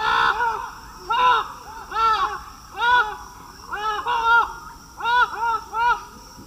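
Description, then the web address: Festive amazon calls: loud, arched, nasal squawks repeated roughly every second, sometimes doubled, against a constant low hum. Two pairs calling, eastern lowlands of South America. "ENTER Music and Audio. Nature Songs S America Eastern Lowlands. Amazona festiva, calls 2 pairs"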